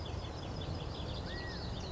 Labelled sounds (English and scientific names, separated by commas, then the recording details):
California Quail (Callipepla californica)
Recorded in Sonoma County, California